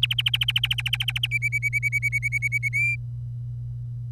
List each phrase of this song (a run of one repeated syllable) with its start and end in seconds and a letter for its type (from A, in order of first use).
0.03-1.27 A, 1.31-2.69 B, 2.73-2.95 C